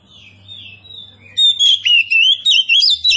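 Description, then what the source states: Oriental magpie-robin song starts softly, then breaks into loud rhythmic whistles, rising and falling notes repeated about four times a second. Kacer poci, a named variety, described as gacor, singing vigorously.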